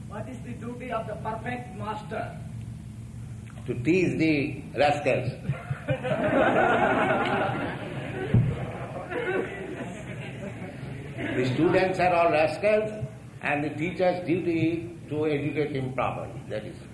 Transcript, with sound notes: what is the duty of the perfect master? To teach the rascals. [laughter] The students are all rascals, and the teacher's duty, to educate him properly, that is.